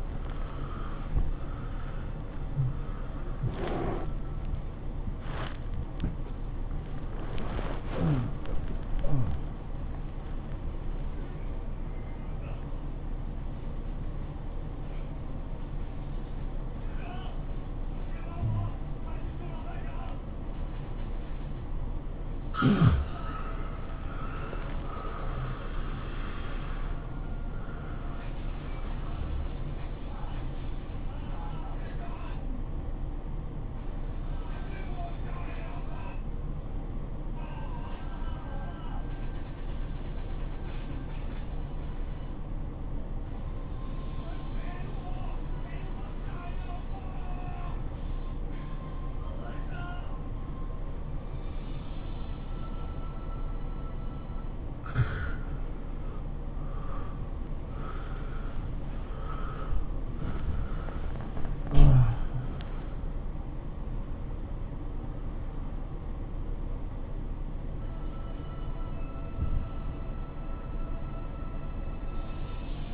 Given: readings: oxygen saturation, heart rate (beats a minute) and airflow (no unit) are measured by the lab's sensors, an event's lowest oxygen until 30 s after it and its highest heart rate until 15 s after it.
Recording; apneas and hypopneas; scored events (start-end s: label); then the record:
a person awake in a sleep study, by a smartphone at the bedside; 2
0.00-72.94 s: awake
9.00-24.30 s: hypopnea (scored as awake, oxygen 93% highest, then 86% lowest, heart rate 99 at the start, 108 highest)
32.00-55.40 s: hypopnea (scored as awake, oxygen 92% highest, then 78% lowest, heart rate 102 at the start, 107 highest)
From the record:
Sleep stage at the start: awake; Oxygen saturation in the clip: 78 to 95%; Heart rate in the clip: 80 to 108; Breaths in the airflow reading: 10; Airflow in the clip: -16.6 to 13.9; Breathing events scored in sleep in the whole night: 403 in 5.5 hours asleep